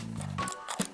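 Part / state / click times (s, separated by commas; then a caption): battery into camera battery compartment / not seated / none. A rechargeable battery is pushed into the battery compartment of a Zostuic DC305 camera, with a low steady hum in the first half and short sharp taps near 0.7 and 0.8 seconds. The battery does not catch or stay in place, and nothing has clicked or seated yet.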